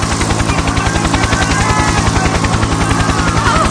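A helicopter descending in a steep dive over the city, its rotor beating in a rapid, steady thudding over a loud, continuous engine roar that stays constant throughout, with no voices.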